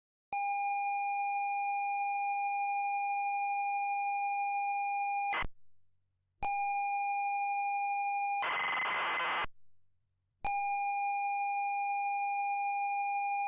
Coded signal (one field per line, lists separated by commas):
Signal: ZX Spectrum tape loading